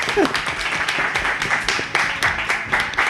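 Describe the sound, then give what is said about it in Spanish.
A crowd applauds steadily for a few seconds, a dense, even wash of many hands clapping with a few sharper claps poking through and some voices mixed in. “Y no lo hemos dicho. Un aplauso.”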